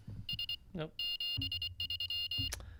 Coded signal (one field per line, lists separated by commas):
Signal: Morse code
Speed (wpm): 24 wpm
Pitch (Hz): 2850 Hz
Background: speech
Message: S 73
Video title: How to REMEMBER Morse Code LIVE with N0SSC (Day 29)